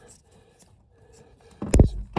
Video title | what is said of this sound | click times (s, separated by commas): 2016 Ford Explorer O2 Sensor Replacement - 2011-2019 2.3L EcoBoost | Oh, and you heard that nice audible click. | 1.7 s